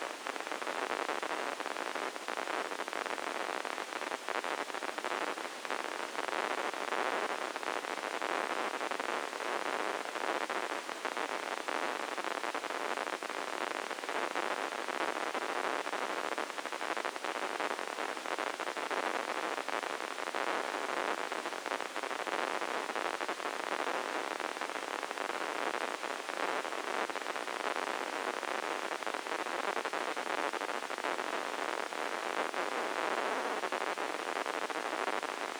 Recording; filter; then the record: brain microelectrode recording played as sound; spike band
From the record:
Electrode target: subthalamic nucleus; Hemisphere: left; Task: reaching with the right hand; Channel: 1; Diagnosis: Parkinson's disease